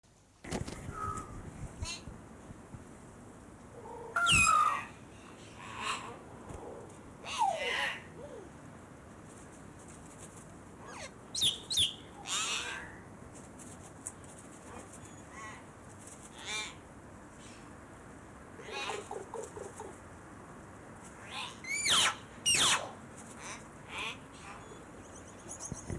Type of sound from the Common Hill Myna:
call